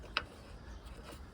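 A threaded hose fitting is screwed into the connection on a Wilks USA TX750 pressure washer during assembly. A single sharp click at 0.2 s marks the fitting seating, threaded in properly rather than cross-threaded, followed by quiet low background noise. No one talks in the clip.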